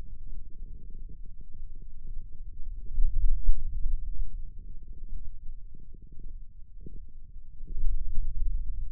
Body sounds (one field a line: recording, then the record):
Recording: forearm muscle sounds (acoustic myography)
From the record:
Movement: pen grasping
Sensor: system 2, bracelet of six BSWA MPA416 microphones around the upper forearm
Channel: 1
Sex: male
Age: 22 years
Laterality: right